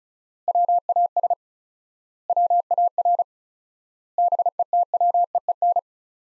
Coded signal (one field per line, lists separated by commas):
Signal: Morse code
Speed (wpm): 36 wpm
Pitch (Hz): 700 Hz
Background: none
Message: WAS WAR BETWEEN